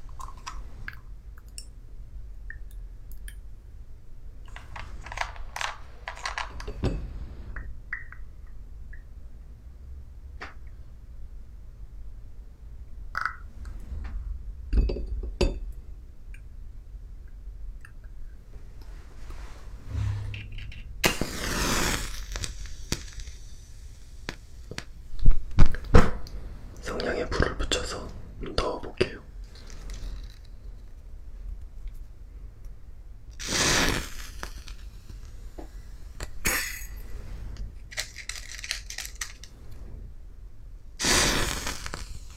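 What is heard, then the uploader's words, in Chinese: Glassware being handled during a small experiment with beakers and test tubes: scattered clinks, taps and short scraping sounds. Activity is sparse for the first twenty seconds, then busier with louder clusters around 21–27 seconds and again near 34–42 seconds, over a low steady hum. 烧杯 试管 做个实验。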